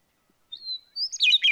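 Bird song: a brief thin whistle rising in two steps, cut off as a busy tumble of high notes begins.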